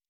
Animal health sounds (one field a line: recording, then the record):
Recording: hydrophone in a shrimp aquaculture tank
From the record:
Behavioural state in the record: normal